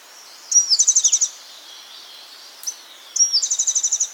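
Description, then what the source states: Fire-capped tit calls: two high thin trills of rapid notes, separated by a gap with a faint single note between. Subspecies olivaceus.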